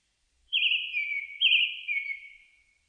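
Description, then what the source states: Japanese thrush gives a rich whistled phrase of two slurred parts followed by a fading trill. Recorded 4 May 2001.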